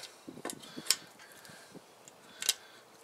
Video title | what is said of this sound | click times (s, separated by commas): SAVE MONEY: Do your own brakes. INSTALL: of Amazon's Power Stop Front One-Click Brake Kit | Snap them in place. | 0.9 s, 2.5 s